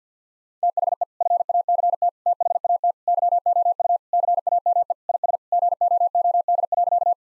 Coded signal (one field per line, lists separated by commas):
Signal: Morse code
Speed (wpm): 50 wpm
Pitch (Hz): 700 Hz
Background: none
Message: THE FACT THAT YOU CAME IS GOOD.